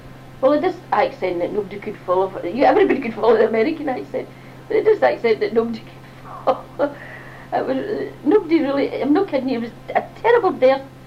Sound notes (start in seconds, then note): 2.3 laughs; 6.2 laughs